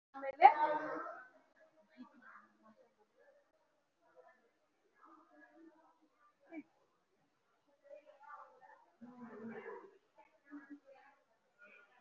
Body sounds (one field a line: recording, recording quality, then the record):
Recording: shallow breathing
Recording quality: poor, much background noise or distortion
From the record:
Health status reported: recovered from COVID-19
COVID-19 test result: positive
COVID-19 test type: RT-PCR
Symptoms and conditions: cough, cold, sore throat, fatigue, muscle pain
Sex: male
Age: 37 years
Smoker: no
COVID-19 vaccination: both doses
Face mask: worn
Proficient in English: yes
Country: India